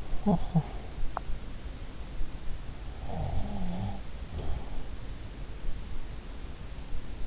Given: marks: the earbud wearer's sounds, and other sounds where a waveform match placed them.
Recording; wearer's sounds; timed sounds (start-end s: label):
sounds in sleep by an in-ear microphone; talking in sleep, snoring breath
0.00-1.36 s: talking in sleep
3.04-5.01 s: snoring breath